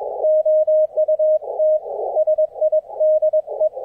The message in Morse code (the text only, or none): OUTSIDE